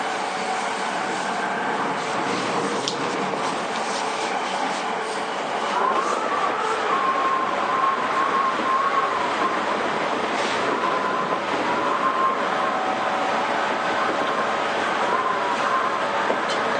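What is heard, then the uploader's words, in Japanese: A JR East 231 series train runs steadily, its dense rolling rumble and rattle holding an even level throughout. From about six seconds a faint, thin whine rises and fades repeatedly over the noise, with a few sharp clicks around three, ten and sixteen seconds. JRE231系 伊東〜横浜。区間は伊東線→東海道線です。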